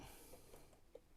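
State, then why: Not seated. A wiring plug is being handled as it goes back into its mating connector on the harness of a BMW R 1250 GS Adventure, during reassembly after fitting Denali auxiliary lights. There is quiet, low handling noise with one brief faint tick near 1.0 s. Nothing has seated or clicked in yet.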